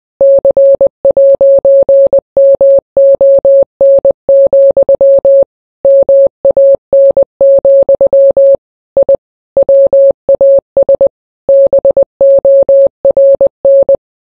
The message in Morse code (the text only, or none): C'MON, MAN, I WAS BORN